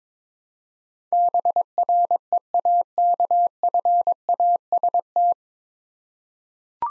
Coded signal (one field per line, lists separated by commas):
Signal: Morse code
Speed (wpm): 22 wpm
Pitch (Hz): 700 Hz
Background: none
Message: BREAKFAST